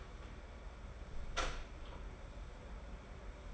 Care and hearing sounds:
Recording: daily activity, microphone in the room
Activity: close door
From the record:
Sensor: 5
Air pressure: 1015.3 hPa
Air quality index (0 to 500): 215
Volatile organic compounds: 12 ppm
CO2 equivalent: 2329 ppm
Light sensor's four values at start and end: 35/80/32/31 and 35/80/32/31

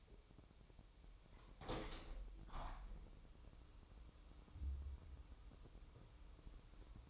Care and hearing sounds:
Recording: daily activity, microphone in the room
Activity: open window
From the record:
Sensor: 1

